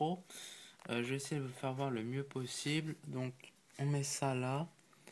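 A wrist strap loop is being fitted onto the small pop-out strap button of an iPod Touch 5 media player while someone talks throughout. Nothing has seated or clicked yet by the end of the clip.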